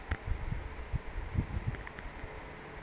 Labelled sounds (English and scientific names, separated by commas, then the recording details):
Eurasian Woodcock (Scolopax rusticola) whistle
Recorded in Baden-Württemberg, Germany, on 17 June 2020 at 20:13 UTC
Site 14569, 102 m above sea level